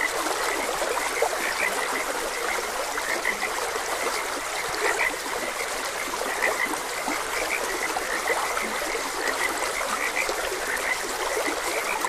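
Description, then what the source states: Frogs croaking, short repeated notes overlapping steadily beneath constant flowing stream water. Frogs croaking beside a gentle stream.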